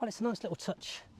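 A swivel cab seat is handled on its seat base in a Weinsberg Caracore 700 motorhome, with the seat being turned and brought forward toward its swivel lock. Only a man talking is heard over faint background noise, and nothing has seated or clicked yet.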